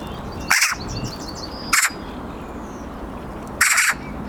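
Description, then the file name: Eurasian magpie uttering three coarse, scratchy calls, with soft chirps and a thin whistle from other small birds in the background. "Pica pica"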